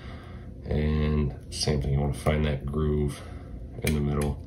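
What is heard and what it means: While reassembling an Atlas Gunworks pistol, the magazine release is put back into the frame from the right side and its retaining screw, turned a quarter turn clockwise, is set into the groove in the middle. Someone talks over light handling sounds as the part is fitted. The magazine release has not snapped into place yet; nothing has seated or clicked by the end of the clip.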